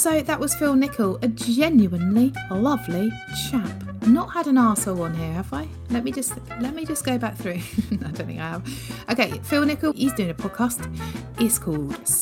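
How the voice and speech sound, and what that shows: Fluent, clear conversational speech from one adult, with soft background music underneath.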